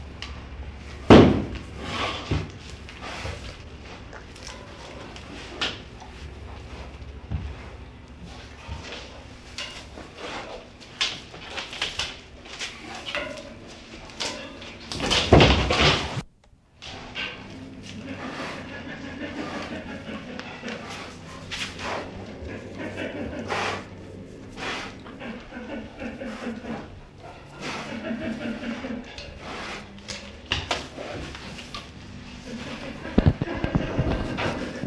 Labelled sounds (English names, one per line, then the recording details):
Sloth Bear
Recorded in captivity
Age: adult
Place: Tierpark Berlin, Berlin, DE
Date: 1965-11-06 11:00
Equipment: Uher 4000 Report-S, Transistorverstärker II, Sennheiser MD 421
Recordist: Tembrock, Günter